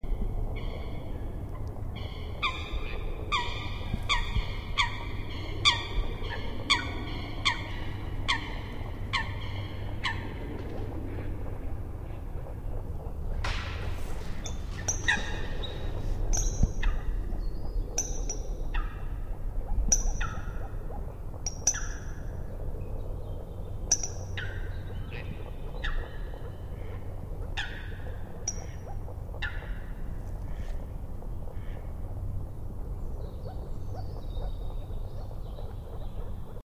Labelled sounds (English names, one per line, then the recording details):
Eurasian Coot call
Moor Frog
Common Spadefoot
Mallard
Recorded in the wild
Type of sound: call
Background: Rana arvalis, Pelobates fuscus, Anas platyrhynchos
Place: Bernau bei Berlin, Barnim, Brandenburg, DE
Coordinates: 52.68, 13.5019
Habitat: lake
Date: 2012-03-25 20:20
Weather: 9°C, clear, nearly windless
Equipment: Sound Devices 702, Sennheiser MKH 415 T, Rhode Windschutz
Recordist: Frommolt, Karl-Heinz
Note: Rohrbruch: Rufe von Blässrallen. Im Hintergrund Moorfrösche, Knoblauchkröte und Stockente